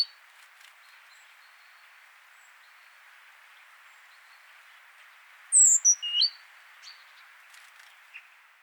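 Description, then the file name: Great tit call: a single burst of high, steeply falling notes and chips after a long quiet stretch, with faint hiss. "Parus major"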